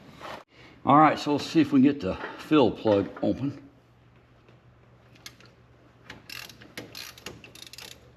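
Someone talks, then a ratchet is used to try to loosen the oil fill plug on a Polaris utility vehicle engine, giving a run of ratchet-and-pawl clicks. A sharp slip comes at 6.8 s as the fill plug strips while loosening.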